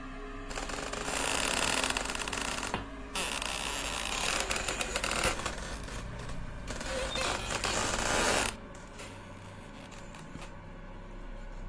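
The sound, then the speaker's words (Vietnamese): A long-rusted hinge of an ironwood gate creaks in two long, harsh, grinding pulls separated by a brief break, loud and raspy throughout, then drops off into a low, quiet background hum. “Cụ Tuân chợt giật mình, bởi vì cụ nghe tiếng bản lề lâu ngày đã han rỉ rít lên những tiếng ken két.”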